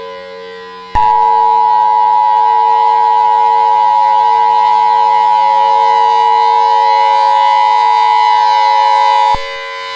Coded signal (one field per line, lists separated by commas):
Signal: Emergency Alert System (SAME) tones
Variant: 853 and 960 Hz attention tone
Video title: WORLDWIDE DETONATIONS - EAS Scenario #6